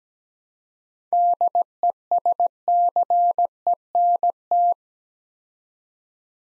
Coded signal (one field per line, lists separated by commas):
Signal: Morse code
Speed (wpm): 17 wpm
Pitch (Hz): 700 Hz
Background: none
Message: DESCENT